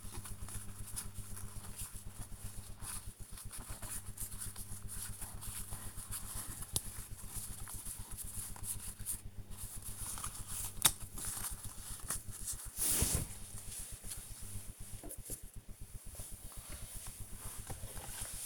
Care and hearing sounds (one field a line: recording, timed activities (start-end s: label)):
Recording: household activities, microphone on the right wrist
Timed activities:
0.00-18.45 s: sorting documents